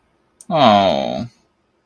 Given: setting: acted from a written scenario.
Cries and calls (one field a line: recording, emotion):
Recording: vocal sound without words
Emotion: guilt